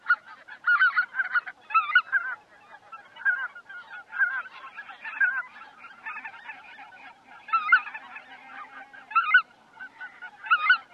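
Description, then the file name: Greater white-fronted goose flock yelping in a busy chorus, repeated bursts of laughing honks over steady background chatter. "anser albifrons"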